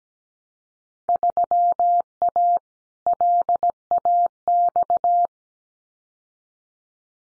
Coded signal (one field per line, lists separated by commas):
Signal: Morse code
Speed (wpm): 17 wpm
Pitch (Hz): 700 Hz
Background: none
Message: 3A LAX